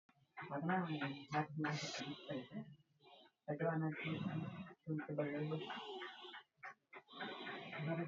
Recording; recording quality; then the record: deep breathing; excellent, no background noise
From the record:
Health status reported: healthy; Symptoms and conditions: none ticked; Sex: male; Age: 20 years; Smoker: not ticked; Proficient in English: yes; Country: India